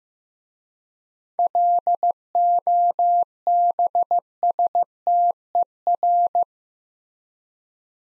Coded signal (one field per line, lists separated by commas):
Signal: Morse code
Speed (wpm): 15 wpm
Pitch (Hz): 700 Hz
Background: none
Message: LOBSTER